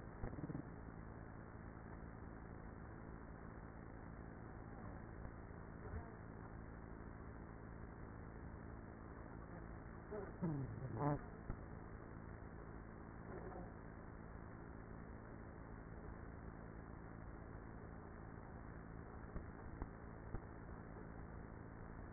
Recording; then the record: honeybee colony, microphone inside the hive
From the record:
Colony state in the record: queenless with a low population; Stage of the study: after two queens were removed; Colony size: about 30,000 bees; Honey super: no